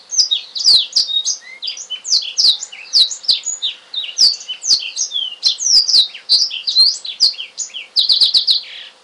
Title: Kicau Kacer